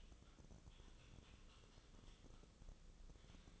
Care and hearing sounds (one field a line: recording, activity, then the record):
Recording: daily activity, microphone in the room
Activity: typing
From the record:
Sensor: 4